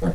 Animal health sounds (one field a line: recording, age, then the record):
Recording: pig call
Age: piglet (1 to 25 days)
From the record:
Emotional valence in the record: positive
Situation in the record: reunion after long isolation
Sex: male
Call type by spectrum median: low-frequency call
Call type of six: low-frequency tonal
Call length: 0.14 s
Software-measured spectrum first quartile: 128 Hz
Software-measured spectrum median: 234 Hz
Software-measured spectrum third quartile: 529 Hz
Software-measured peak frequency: 171 Hz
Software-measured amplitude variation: 105 dB a second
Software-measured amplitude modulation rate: 10.7 a second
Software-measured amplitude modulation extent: 9.9 dB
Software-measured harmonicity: 2.8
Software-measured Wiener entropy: -0.96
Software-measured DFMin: 1056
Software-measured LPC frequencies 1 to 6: 456, 1515, 3342, 4399, 5922, 6352 Hz